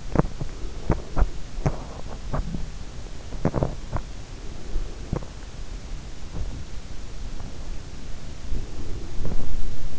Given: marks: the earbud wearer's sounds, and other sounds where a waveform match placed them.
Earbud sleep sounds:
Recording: sounds in sleep by an in-ear microphone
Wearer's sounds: teeth grinding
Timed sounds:
0.00-5.22 s: teeth grinding
6.37-9.99 s: sound from someone else or the room

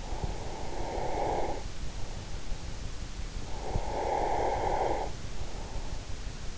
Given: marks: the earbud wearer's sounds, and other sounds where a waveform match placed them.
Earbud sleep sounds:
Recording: sounds in sleep by an in-ear microphone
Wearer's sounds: breath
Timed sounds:
0.00-2.53 s: breath
3.60-6.14 s: breath

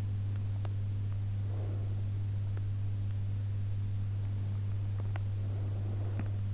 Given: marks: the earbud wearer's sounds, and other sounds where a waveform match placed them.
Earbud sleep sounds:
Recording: sounds in sleep by an in-ear microphone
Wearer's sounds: breath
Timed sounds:
1.23-2.37 s: breath
5.43-6.46 s: breath

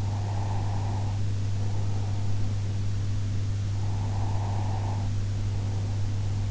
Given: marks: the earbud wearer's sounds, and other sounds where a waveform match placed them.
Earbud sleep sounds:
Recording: sounds in sleep by an in-ear microphone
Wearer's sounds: breath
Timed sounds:
0.00-2.63 s: breath
3.83-6.46 s: breath

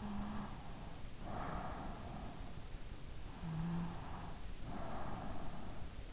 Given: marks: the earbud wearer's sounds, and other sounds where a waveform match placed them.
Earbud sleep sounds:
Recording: sounds in sleep by an in-ear microphone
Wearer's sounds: snoring breath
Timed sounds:
0.00-2.31 s: snoring breath
3.25-5.77 s: snoring breath

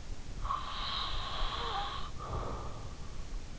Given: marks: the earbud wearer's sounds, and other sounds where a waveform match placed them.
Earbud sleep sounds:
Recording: sounds in sleep by an in-ear microphone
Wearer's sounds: breath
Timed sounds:
0.33-3.02 s: breath

